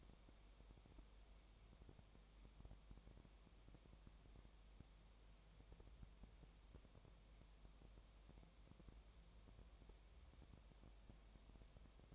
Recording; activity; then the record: daily activity, microphone in the room; no activity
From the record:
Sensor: 1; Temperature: 19.7 degrees Celsius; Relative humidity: 37.0%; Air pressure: 1007.2 hPa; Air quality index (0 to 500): 143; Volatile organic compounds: 5 ppm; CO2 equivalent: 1748 ppm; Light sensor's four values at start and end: 1/2/1/1 and 1/2/1/1